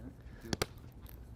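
The extruded plastic channel at the top of a Bestop Trektop NX soft top window is clipped into the top rail track on a 2-door Jeep JK, with two sharp clicks at 0.5 s and 0.6 s over a quiet background. This positive click was missing in an earlier attempt; this time the channel seats in its track.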